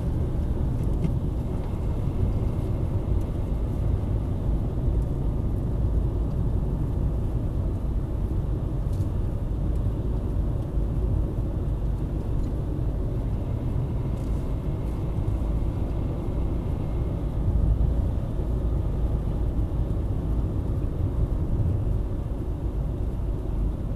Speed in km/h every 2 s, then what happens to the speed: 56, 57, 56, 55, 55, 55, 55, 56, 60, 61, 53, 52.
0-18 steady at about 56. 18-24 slows to 52.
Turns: none.